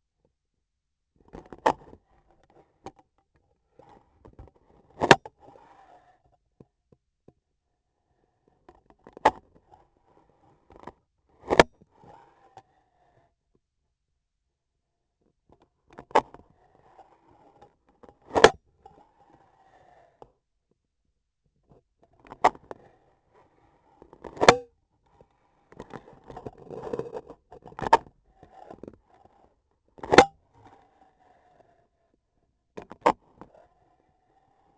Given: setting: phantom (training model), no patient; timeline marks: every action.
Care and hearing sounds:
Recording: laparoscopic instrument, vibration sensor on the handle end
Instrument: scissors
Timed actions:
1.12-2.02 s: scissors opening
4.88-5.35 s: cutting foam
8.61-9.45 s: scissors opening
11.12-11.90 s: cutting foam
15.83-16.48 s: scissors opening
17.78-18.63 s: cutting foam
22.15-22.94 s: scissors opening
23.94-24.79 s: cutting foam
27.48-28.20 s: scissors opening
29.90-30.39 s: cutting foam
32.71-33.20 s: scissors opening
From the record:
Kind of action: gesture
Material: foam

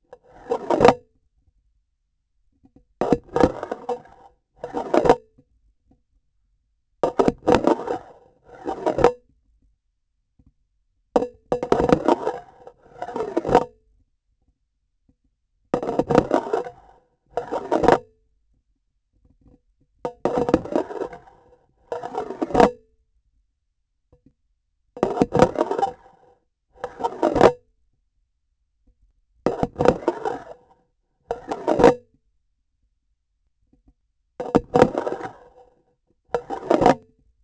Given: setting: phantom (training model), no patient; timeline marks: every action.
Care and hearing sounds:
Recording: laparoscopic instrument, vibration sensor on the handle end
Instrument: grasping forceps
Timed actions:
0.20-1.29 s: removal through the trocar
2.98-4.32 s: insertion through the trocar
4.53-5.42 s: removal through the trocar
6.99-8.21 s: insertion through the trocar
8.42-9.35 s: removal through the trocar
11.11-12.51 s: insertion through the trocar
12.77-13.99 s: removal through the trocar
15.70-17.01 s: insertion through the trocar
17.32-18.36 s: removal through the trocar
20.02-21.28 s: insertion through the trocar
21.77-23.08 s: removal through the trocar
24.95-26.48 s: insertion through the trocar
26.67-27.80 s: removal through the trocar
29.41-30.89 s: insertion through the trocar
31.25-32.32 s: removal through the trocar
34.35-35.80 s: insertion through the trocar
36.27-37.35 s: removal through the trocar
From the record:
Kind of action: spatial motion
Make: Olympus

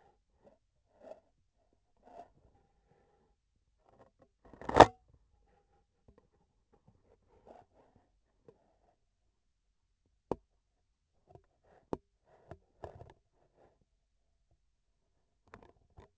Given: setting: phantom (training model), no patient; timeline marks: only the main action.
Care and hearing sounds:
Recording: laparoscopic instrument, vibration sensor on the handle end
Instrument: scissors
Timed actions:
4.38-5.07 s: cutting thread
From the record:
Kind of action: gesture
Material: cotton thread

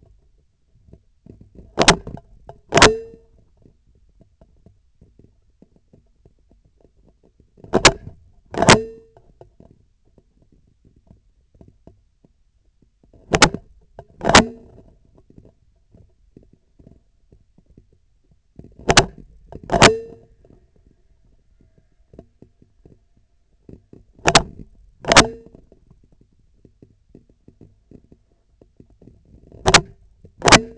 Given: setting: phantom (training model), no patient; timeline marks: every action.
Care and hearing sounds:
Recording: laparoscopic instrument, vibration sensor on the handle end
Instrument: scissors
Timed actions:
1.71-2.23 s: scissors opening
2.63-3.40 s: scissors closing
7.52-8.20 s: scissors opening
8.48-9.16 s: scissors closing
13.10-13.72 s: scissors opening
14.13-14.86 s: scissors closing
18.73-19.27 s: scissors opening
19.59-20.37 s: scissors closing
24.13-24.72 s: scissors opening
24.93-25.63 s: scissors closing
29.60-30.04 s: scissors opening
30.32-30.78 s: scissors closing
From the record:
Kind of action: tool actuation without material contact

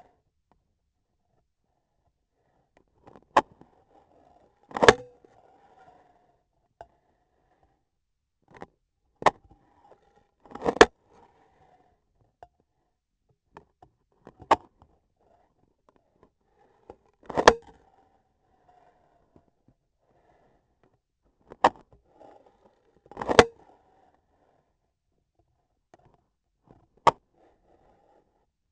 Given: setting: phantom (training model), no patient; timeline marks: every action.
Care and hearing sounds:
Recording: laparoscopic instrument, vibration sensor on the handle end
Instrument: scissors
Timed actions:
3.28-3.50 s: scissors opening
4.63-5.25 s: cutting foam
9.08-9.48 s: scissors opening
10.35-10.98 s: cutting foam
14.07-15.06 s: scissors opening
17.18-17.77 s: cutting foam
21.24-22.02 s: scissors opening
23.03-23.69 s: cutting foam
26.97-27.26 s: scissors opening
From the record:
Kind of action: gesture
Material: foam

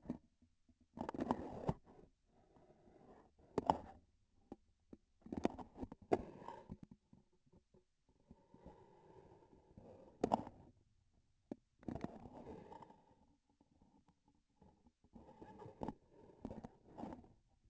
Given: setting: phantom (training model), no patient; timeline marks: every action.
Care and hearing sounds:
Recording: laparoscopic instrument, vibration sensor on the handle end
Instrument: grasping forceps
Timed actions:
3.34-4.09 s: grasping tissue
5.13-6.05 s: releasing tissue
10.15-10.82 s: grasping tissue
11.74-13.33 s: releasing tissue
15.99-17.44 s: grasping tissue
From the record:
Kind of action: gesture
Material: synthetic tissue

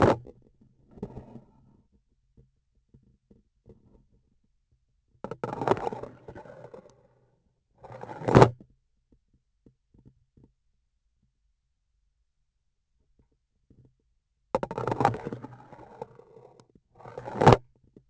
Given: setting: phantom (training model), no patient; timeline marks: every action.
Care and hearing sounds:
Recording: laparoscopic instrument, vibration sensor on the handle end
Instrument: grasping forceps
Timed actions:
0.00-0.35 s: removal through the trocar
5.20-6.95 s: insertion through the trocar
7.72-8.61 s: removal through the trocar
14.50-16.69 s: insertion through the trocar
16.93-17.68 s: removal through the trocar
From the record:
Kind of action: spatial motion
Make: other than Olympus

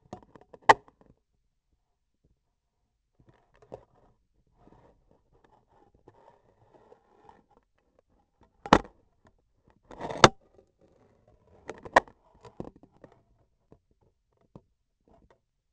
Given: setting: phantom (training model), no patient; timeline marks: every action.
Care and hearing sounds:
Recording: laparoscopic instrument, vibration sensor on the handle end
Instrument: scissors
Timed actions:
0.59-0.85 s: scissors opening
8.53-9.21 s: scissors opening
9.80-10.38 s: cutting foam
11.63-12.16 s: scissors opening
From the record:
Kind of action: gesture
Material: foam

